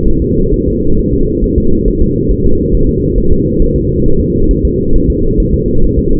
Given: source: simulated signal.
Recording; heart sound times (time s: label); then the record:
fetal heart sounds
0.08 s: S1
0.22 s: S2
0.54 s: S1
0.68 s: S2
0.99 s: S1
1.13 s: S2
1.44 s: S1
1.58 s: S2
1.88 s: S1
2.02 s: S2
2.32 s: S1
2.46 s: S2
2.75 s: S1
2.89 s: S2
3.18 s: S1
3.32 s: S2
3.62 s: S1
3.76 s: S2
4.06 s: S1
4.21 s: S2
4.51 s: S1
4.65 s: S2
4.96 s: S1
5.10 s: S2
5.40 s: S1
5.54 s: S2
5.84 s: S1
5.99 s: S2
From the record:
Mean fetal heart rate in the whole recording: 135 bpm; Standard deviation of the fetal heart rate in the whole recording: 3 bpm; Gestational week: 36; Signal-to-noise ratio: -17.7 dB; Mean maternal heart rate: 72 bpm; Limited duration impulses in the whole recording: present